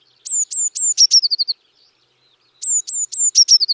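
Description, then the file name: Eurasian Blue Tit giving two phrases, each of several high thin drawn-out notes sliding into a fast, dropping, chattering trill. "Cyanistes caeruleus"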